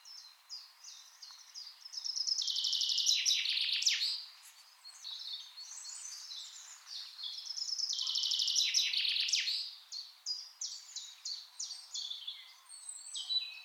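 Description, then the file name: Common chaffinch song: two bright, rapid trilled phrases ending in a quick flourish, about five seconds apart, with scattered high chirps around them. "Fringilla coelebs"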